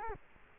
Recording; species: mosquito wingbeat signal from an infrared sensor; Culex quinquefasciatus